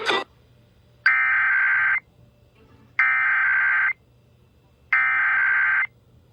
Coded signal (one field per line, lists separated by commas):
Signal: Emergency Alert System (SAME) tones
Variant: header bursts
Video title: Missouri Required Monthly Test 4/20/21 [EAS #578 - #580]